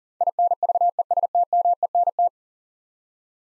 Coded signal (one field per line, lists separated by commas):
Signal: Morse code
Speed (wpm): 40 wpm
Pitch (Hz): 700 Hz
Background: none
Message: INVESTMENT